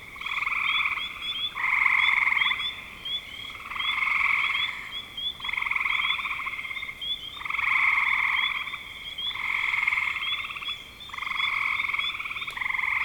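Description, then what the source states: Frogs calling in pulsed, rattling trills about a second long, repeating every two seconds or so, with faint higher chirping notes running over the top. Spring 2025.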